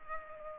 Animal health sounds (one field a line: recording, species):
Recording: mosquito wingbeat signal from an infrared sensor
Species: Culex pipiens